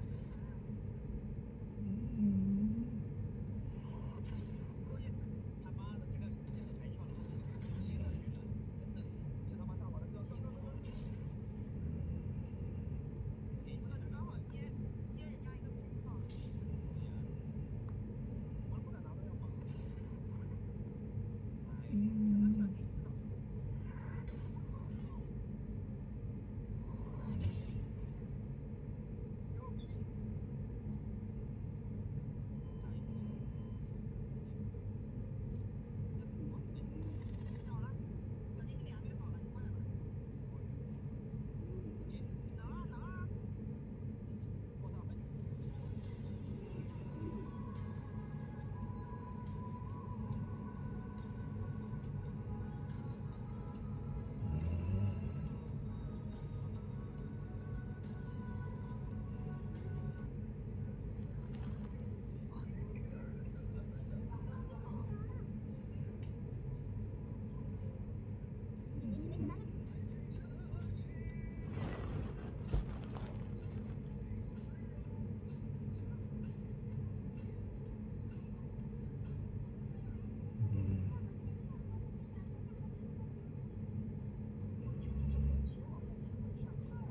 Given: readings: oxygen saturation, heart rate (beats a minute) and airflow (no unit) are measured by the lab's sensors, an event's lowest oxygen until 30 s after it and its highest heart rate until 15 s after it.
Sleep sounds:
a person awake in a sleep study, by a smartphone at the bedside; none
0.00-87.11 s: awake
0.00-87.11 s: awake
From the record:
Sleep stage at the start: awake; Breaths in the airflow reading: 25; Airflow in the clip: -0.7 to 0.7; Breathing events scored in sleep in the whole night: 496 in 5.4 hours asleep

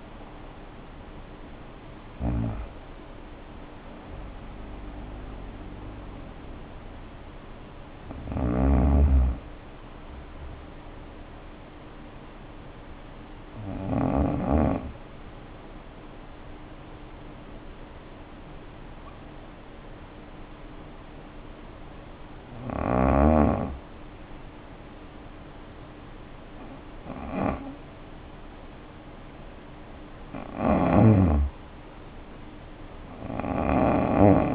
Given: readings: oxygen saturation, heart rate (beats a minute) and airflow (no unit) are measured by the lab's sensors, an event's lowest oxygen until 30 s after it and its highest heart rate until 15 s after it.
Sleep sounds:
breathing in sleep by a voice recorder at the bedside; 1
0.00-5.00 s: awake
3.00-34.55 s: new sleep stage, N1 (lightest sleep)
11.00-25.90 s: hypopnea (N1, oxygen 95% highest, then 85% lowest, heart rate 56 at the start, 63 highest)
From the record:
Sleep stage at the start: awake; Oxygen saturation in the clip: 68 to 95%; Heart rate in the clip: 52 to 84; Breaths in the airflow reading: 12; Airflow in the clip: -1.4 to 1.9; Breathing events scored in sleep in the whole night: 520 in 7.2 hours asleep

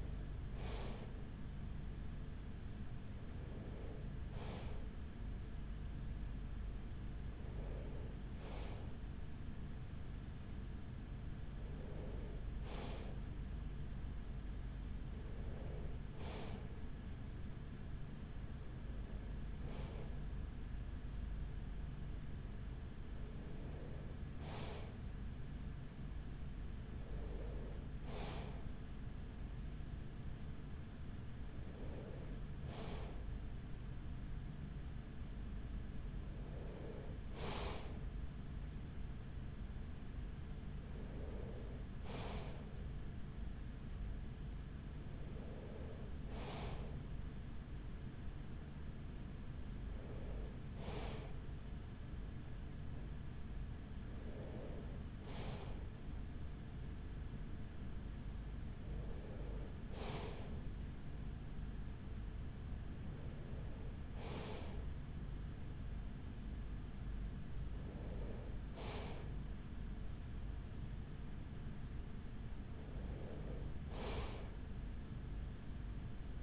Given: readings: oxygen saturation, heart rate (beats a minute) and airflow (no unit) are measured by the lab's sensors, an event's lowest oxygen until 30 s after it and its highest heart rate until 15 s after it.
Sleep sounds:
breathing in sleep by a smartphone at the bedside; none
53.00-76.43 s: new sleep stage, N2 (light sleep)
From the record:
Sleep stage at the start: N3 (deep sleep); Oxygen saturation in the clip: 94%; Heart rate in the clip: 42 to 45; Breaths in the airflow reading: 18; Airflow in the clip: -6.5 to 5.8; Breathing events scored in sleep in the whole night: 207 in 7.6 hours asleep

